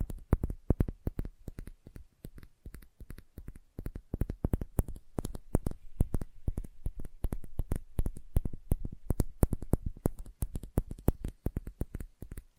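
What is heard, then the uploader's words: Sensitive ASMR tapping: a dense, uneven stream of sharp fingertip taps, several per second, running for the whole time without a pause. Each tap is a crisp click with a soft thud beneath it, and loudness varies from tap to tap over a quiet background. ASMR Sensitive Tapping (No Talking).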